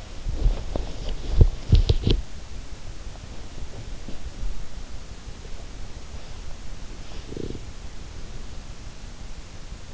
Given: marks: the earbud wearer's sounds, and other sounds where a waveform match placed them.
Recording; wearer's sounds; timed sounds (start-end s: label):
sounds in sleep by an in-ear microphone; body movement
0.00-2.64 s: body movement